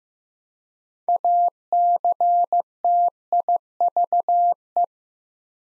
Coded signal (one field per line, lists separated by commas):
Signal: Morse code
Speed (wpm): 15 wpm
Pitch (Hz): 700 Hz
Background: none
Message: ACTIVE